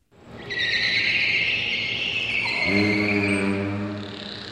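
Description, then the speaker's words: Beluga whale vocalization: a long high whistle slowly falling in pitch, joined midway by a lower, buzzy harmonic tone that holds steady to the end. Four captive beluga whales at a US aquarium. "That's the sound of the Georgia Aquarium's 4 beluga whales."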